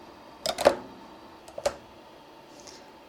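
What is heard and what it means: The metal brackets on both sides of an embroidery hoop are lifted slightly, then pushed in firmly onto the hoop arms of a SEWTECH ST-1501 embroidery machine, set up to embroider a bag. A quick cluster of sharp clicks sounds around 0.5 to 0.7 seconds, then another pair near 1.6 to 1.7 seconds, with a faint tick at 2.7 seconds. The brackets lock into place with clicks at 0.7 and 1.7 seconds, seating the hoop on both sides.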